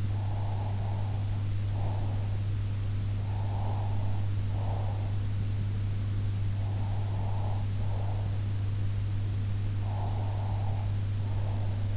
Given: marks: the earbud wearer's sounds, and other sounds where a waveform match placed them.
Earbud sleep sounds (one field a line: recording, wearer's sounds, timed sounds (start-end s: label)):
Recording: sounds in sleep by an in-ear microphone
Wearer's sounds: breath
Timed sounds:
0.00-2.26 s: breath
3.14-5.17 s: breath
6.57-8.57 s: breath
9.74-11.97 s: breath